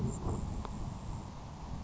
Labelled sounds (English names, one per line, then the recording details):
Grasshopper Sparrow
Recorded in Sonoma County, California